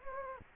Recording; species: mosquito wingbeat signal from an infrared sensor; Anopheles gambiae